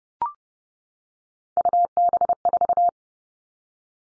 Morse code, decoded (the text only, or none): UB4